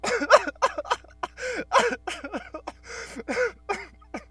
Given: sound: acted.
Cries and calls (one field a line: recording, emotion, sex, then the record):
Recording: nonverbal affect burst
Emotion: sadness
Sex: male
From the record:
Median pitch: 404 Hz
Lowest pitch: 198 Hz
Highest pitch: 773 Hz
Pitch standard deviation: 132 Hz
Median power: 53.7 dB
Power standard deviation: 13.8 dB